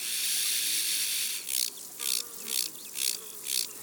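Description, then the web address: Large banded grasshopper stridulating: a long, steady, high hissing buzz, then a run of short rasping bursts about every half second. Recorded in the mountains. "Le criquet bariole Bestiaire. un jour dans la montagne"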